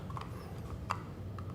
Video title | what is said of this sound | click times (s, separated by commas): Bianca S22 Daily Maintenance & Cleaning | the next thing to clean is the coffee dispensing unit so that just unclips from the front | 0.9 s